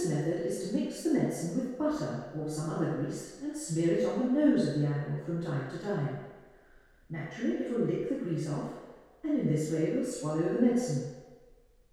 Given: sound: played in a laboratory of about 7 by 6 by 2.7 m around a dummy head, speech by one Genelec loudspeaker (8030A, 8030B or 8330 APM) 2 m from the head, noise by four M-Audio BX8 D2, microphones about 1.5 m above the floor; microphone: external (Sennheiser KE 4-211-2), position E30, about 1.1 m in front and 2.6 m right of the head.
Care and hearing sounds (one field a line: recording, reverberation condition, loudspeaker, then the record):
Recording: female speech in English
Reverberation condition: high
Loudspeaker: 90 degrees to the right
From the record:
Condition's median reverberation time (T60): about 1300 ms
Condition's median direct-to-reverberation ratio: about -4.0 dB